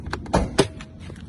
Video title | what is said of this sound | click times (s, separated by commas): Unlatching a stuck Toyota Venza hood | I heard it pop. | 0.6 s